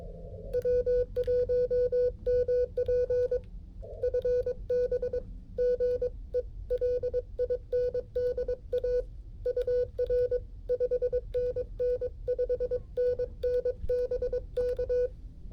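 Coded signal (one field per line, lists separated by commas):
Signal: Morse code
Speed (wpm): 22 wpm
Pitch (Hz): 500 Hz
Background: music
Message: W1MP FB GE LINDA UR 5NN 5NN BK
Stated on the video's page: Portable activation using a QRP Labs QMX rig with a kit key, Just Ok Mini antenna and 9V batteries, heard through a speaker.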